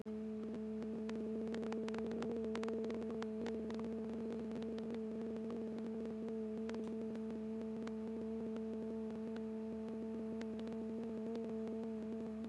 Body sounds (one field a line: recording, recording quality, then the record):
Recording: sustained vowel as in boot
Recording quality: moderate, slight background noise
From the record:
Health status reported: healthy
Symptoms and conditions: none ticked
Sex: female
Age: 51 years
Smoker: not ticked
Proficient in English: yes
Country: India